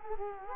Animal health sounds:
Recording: mosquito wingbeat signal from an infrared sensor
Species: Culex quinquefasciatus

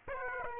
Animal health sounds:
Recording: mosquito wingbeat signal from an infrared sensor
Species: Aedes aegypti

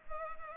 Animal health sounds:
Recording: mosquito wingbeat signal from an infrared sensor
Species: Culex pipiens

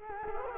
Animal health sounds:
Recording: mosquito wingbeat signal from an infrared sensor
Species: Culex quinquefasciatus

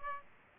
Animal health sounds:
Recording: mosquito wingbeat signal from an infrared sensor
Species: Aedes aegypti

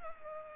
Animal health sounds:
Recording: mosquito wingbeat signal from an infrared sensor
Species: Culex pipiens

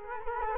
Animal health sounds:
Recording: mosquito wingbeat signal from an infrared sensor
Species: Culex quinquefasciatus

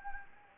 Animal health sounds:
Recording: mosquito wingbeat signal from an infrared sensor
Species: Anopheles gambiae

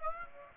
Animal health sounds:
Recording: mosquito wingbeat signal from an infrared sensor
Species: Aedes aegypti

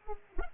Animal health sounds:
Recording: mosquito wingbeat signal from an infrared sensor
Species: Culex pipiens

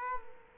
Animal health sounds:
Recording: mosquito wingbeat signal from an infrared sensor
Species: Culex quinquefasciatus

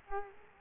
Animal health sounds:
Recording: mosquito wingbeat signal from an infrared sensor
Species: Culex quinquefasciatus

